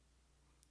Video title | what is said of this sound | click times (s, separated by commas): Custom Action Figure: Clown Gang Leader Joker from Akira | it's just a little big so it pops right in | 0.6 s